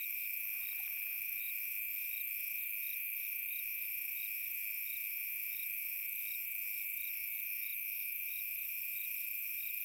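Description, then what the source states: Crickets chirping in a steady chorus, high continuous trill and regular pulsed chirps, with a faint short rattle near the start. Recorded on a summer night.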